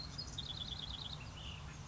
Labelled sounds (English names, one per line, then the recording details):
Ash-throated Flycatcher
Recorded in Sonoma County, California